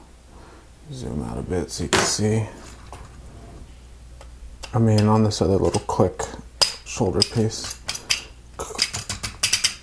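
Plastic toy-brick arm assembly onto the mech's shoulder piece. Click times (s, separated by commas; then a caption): 9.4 s. Someone talks while attaching the second plastic toy-brick arm assembly to the other shoulder piece of a LEGO Movie Emmet's Construct-O-Mech (set #70814), pushing it onto the axle. A series of sharp plastic clicks and knocks builds toward the end. The arm snaps into place at 9.4 seconds.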